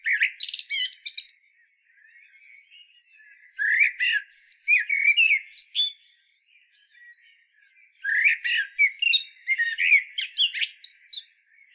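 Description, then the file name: Common blackbird song, phrases of low warbled notes mixed with high squeaky twitters, separated by short pauses with faint soft chatter. "Turdus merula"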